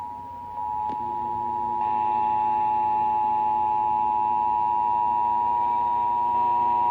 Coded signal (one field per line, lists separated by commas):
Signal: Emergency Alert System (SAME) tones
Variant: 853 and 960 Hz attention tone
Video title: Shasta/Trinity's Required Monthly Test (EAS #1126-1134)